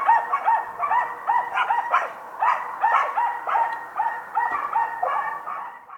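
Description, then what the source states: A chorus of dogs barking and yelping, the short calls crowding together in uneven, rapid bursts. Distant dogs barking.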